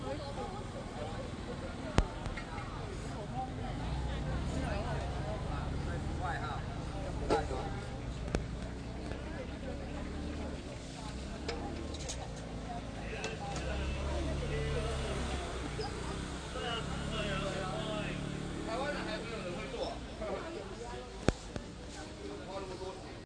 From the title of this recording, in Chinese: 台北雙連市集